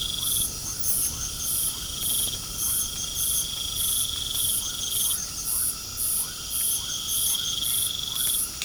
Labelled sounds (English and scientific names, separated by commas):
none